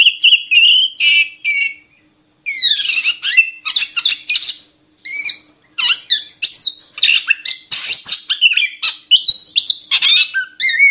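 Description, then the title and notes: Oriental magpie-robin song: a long, varied stream of whistles, harsh chatters and rapid trills, delivered in quick phrases with brief pauses. Long-duration 'isian' (fill-in) song material of kacer, meant to get birds singing constantly ('gacor') by day and night. "Kacer Jadi Gacor Siang Malam. Isian Kacer Durasi Panjang"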